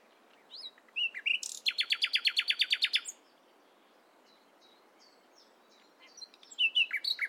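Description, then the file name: Common nightingale song, brief whistled notes then a fast, loud repeated rattle, a quiet pause, and a new phrase starting. "Luscinia megarhynchos"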